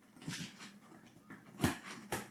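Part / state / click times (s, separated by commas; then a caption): sail tensioner fitting snapping into the kite frame / seated / 1.6 s, 2.1 s. While tensioning the sail of a two-line stunt kite, the line-tensioning fittings are snapped into the kite frame at the end of the stretch. After soft rustling, two short, sharp snaps are heard at 1.6 s and 2.1 s. Both fittings seat properly, though they could be a bit harder to snap in, as the action felt quite soft.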